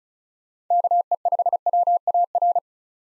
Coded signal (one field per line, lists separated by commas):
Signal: Morse code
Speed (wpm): 43 wpm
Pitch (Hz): 700 Hz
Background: none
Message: KE5WAR